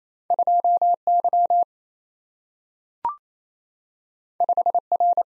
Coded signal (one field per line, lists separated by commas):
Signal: Morse code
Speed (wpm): 27 wpm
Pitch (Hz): 700 Hz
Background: none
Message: 2Y 5R